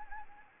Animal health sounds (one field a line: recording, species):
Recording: mosquito wingbeat signal from an infrared sensor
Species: Anopheles gambiae